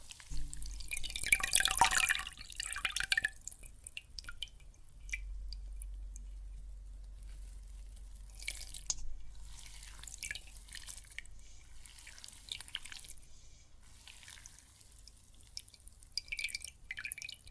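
Water and soap foam crackle and fizz in dense bursts of bright popping, loudest in a wet splash near two seconds, then returning in softer clusters every second or two. A low steady hum runs underneath, strongest between five and eight seconds.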